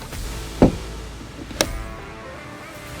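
A storage lid on an iKon Boats LX is closed and its compression latch, which keeps the lid secure and dry, is engaged. A dull low thud comes at 0.6 s, then a sharp, bright snap at 1.6 s as the latch seats, over a steady tonal background hum.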